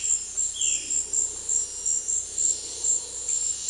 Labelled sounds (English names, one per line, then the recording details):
Violaceous Jay
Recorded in dense forest near Puerto Asís, Putumayo, Colombia, on 19 February 2024 at 14:00
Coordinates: 0.485, -76.318
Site G6408